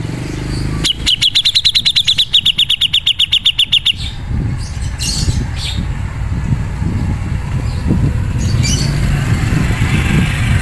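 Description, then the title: Grey-cheeked bulbul call: a three-second string of rapid high chips, followed by rumbling background noise and a few faint sounds. Masteran recording made for training other songbirds to learn this bird's sound. "MASTERAN CUCAK JENGGOT"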